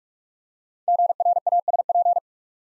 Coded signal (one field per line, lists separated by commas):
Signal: Morse code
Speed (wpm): 44 wpm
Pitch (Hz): 700 Hz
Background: none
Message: GRASP